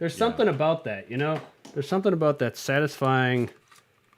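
A detachable game controller is handled beside the side rail of a handheld game console while someone talks for most of the clip. The talking stops around 3.5 s, leaving near silence with only a faint tick at the very end. Nothing has seated or clicked yet.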